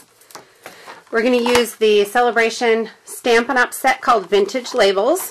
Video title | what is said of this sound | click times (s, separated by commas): Movers and Shapers Curly Label Big Shot Die Card | snap in place | 0.4 s